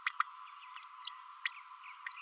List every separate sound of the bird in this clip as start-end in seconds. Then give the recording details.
0.06-0.09, 1.05-1.07, 1.45-1.50. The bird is a female. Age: 32 days. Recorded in a nest box in Venezuela. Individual 17B32A7